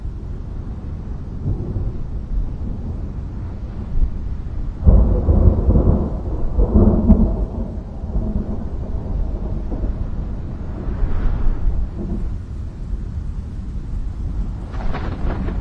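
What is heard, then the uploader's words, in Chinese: Thunder in deep mountains: a low, steady rumble fills the whole stretch, swelling into a heavier roll from about five to seven seconds. Fainter grumbles recur around two, eight and twelve seconds, with a brief brighter crackle near the end. 深山雷声。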